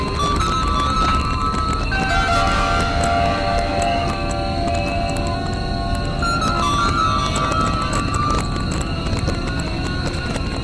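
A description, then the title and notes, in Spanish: Electronic bells ring out in steady, sustained tones that shift pitch every second or two, forming a slow melodic line over a dense, rumbling low bed of outdoor noise. Faint clip-clop-like knocks and activity continue underneath at a constant level throughout. Grabaciones de campo (campanas electrónicas y sonidos bucólicos).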